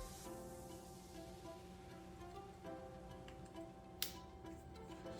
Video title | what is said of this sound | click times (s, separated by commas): 2019-2025 KIA SOUL - BAD Evaporative (EVAP) Purge Valve | And then go ahead and just simply slide it on. Listen for the click. | 4.0 s